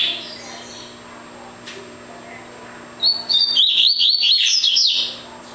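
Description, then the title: Double-collared seedeater: a brief note at the start, then after a quiet spell a rapid high twittering trill of short notes for about two seconds; a low hum throughout. "Canto Coleiro"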